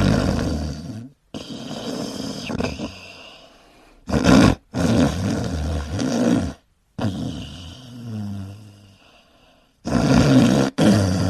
This episode of the White Noise Podcast is A MAN SNORING.